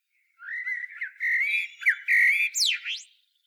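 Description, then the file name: Common blackbird giving a continuous run of rich, squawky harmonic notes that ends in quick upward and downward sweeps. "Turdus merula"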